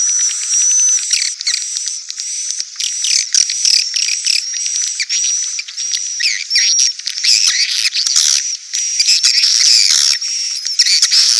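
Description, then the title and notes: Swiftlet chirping calls, dense high twittering and squeaks over a steady thin high tone, with bursts of sharp chirps throughout. Sound used for swiftlet farming in Asia. "Swiflet Bird Sound. Farming Swiflet Bird asia sound"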